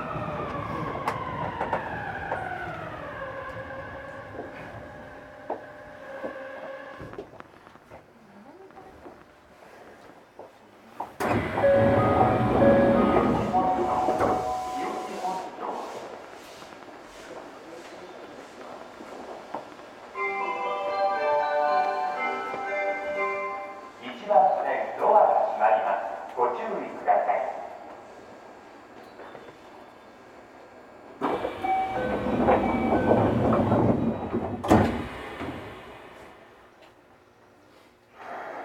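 A subway train rides between stations, opening with a falling motor whine as it slows, then quieter running. Bursts of loud rumbling and rattling arrive around 11, 24 and 31 seconds, with a bright chime-like tone pattern near 20 seconds and occasional announcement speech.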